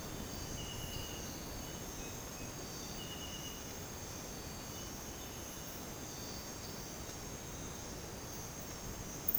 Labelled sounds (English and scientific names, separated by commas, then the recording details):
none
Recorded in dense forest near Puerto Asís, Putumayo, Colombia, on 13 March 2025 at 04:00
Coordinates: 0.486, -76.317
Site G053